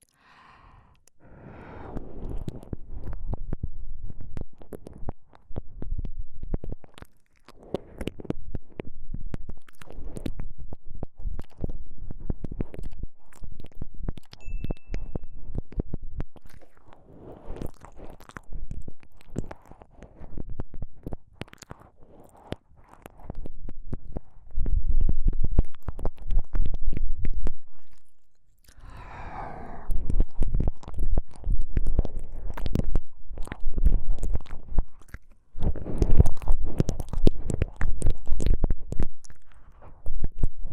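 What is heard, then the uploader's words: Close, wet ear-licking sounds fill the recording in dense clusters of smacks and slurps. Short pauses break them up near 1, 28 and 35 seconds. Deep, muffled rumbles from the microphone sit underneath, and the licking grows louder and more intense after 24 seconds. ASMR×KU100. 吸了又吸啜取大腦穿透舔耳 | 耳舐め | Ear Licking.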